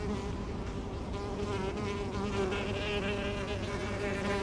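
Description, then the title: Bee buzzing: a steady low hum with a wavering tone over a faint background hiss. Spring, Saint-Gilles, Belgium; bees close to the microphones; AB microphone pair into a Zoom F3 recorder. "Saint-Gilles, Belgique - Bees, magpie and helicopter"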